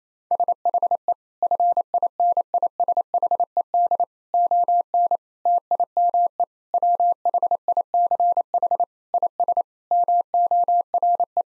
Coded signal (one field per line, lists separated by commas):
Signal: Morse code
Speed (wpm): 28 wpm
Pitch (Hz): 700 Hz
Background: none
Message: SHE FINISHED ON TIME WHICH IS MORE